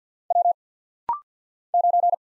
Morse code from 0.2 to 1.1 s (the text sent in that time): W